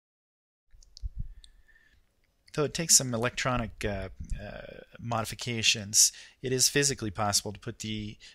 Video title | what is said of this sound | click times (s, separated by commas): Visual Guide Assembling Crib for Arduino - Ethernet Shield and Arduino Mega | press firmly down you'll hear a soft snap or a snuff soft click | 0.8 s, 1.0 s, 1.4 s